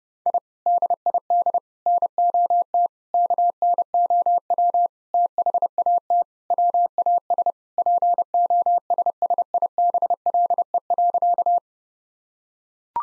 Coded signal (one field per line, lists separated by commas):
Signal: Morse code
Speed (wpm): 32 wpm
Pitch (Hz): 700 Hz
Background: none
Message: I DID NOT KNOW THAT WAS POSSIBLE.